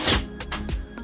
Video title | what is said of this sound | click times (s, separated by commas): New Rapido M96 Distinction - motorhome tour | there's a locking mechanism just in here you'll hear a click | 0.4 s